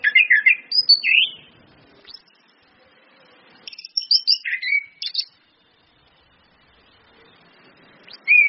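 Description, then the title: Orange-headed thrush song with rich, varied whistled phrases in two main bursts and a short phrase at the end. Indonesian bird-training recording of Orange-headed thrush song, including female whistles, meant to make birds sing actively. "PANCINGAN anis kembang ngeplong dan SUITAN BETINA"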